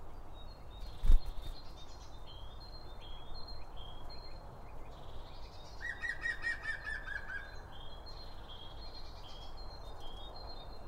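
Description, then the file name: Birds chirping, with short high chirps throughout and a buzzy, rapidly repeated trill in the middle, over a steady low rumble. Birds around a bird feeder, recorded with two Line Audio OM 1 microphones. "Birds Around Birdfeeding With Two Om 1 From Line Audio"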